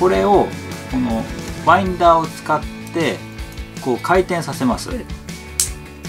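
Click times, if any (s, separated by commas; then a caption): 5.6 s. Someone talks over music while using a plastic winder tool to turn the toothed inner rotation-switch gear of a rubber-tipped Beyblade Burst Legend Spriggan spinning-top driver. The gear is turned from right to left rotation and snaps into position with a sharp click at 5.6 s, seating it in left-rotation mode.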